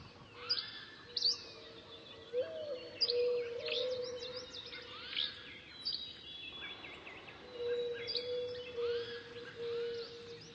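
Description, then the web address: Birds twitter and chirp with scattered sharp notes, pausing briefly around six seconds, with a low steady hum and background noise. "funny birds"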